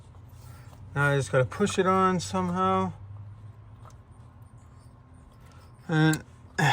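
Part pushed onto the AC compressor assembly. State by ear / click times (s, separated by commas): not seated / none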